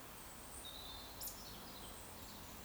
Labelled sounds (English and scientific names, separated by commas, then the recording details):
Eurasian Woodcock (Scolopax rusticola) whistle
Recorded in Baden-Württemberg, Germany, on 14 June 2021 at 19:46 UTC
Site 46435, 986 m above sea level